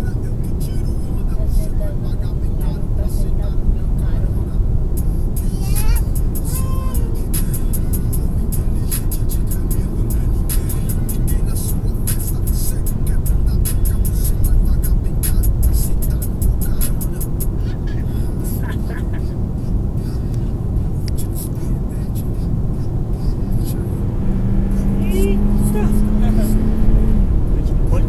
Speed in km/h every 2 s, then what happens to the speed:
88, 89, 90, 88, 88, 90, 92, 94, 93, 91, 89, 90, 99, 109.
0-21 steady at about 90. 21-28 speeds up to 109.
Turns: none.